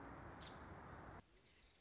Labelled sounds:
Nuttall's Woodpecker

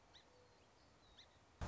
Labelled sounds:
Song Sparrow

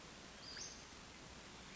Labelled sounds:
Western Flycatcher

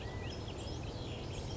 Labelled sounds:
California Quail

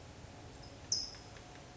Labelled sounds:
California Towhee

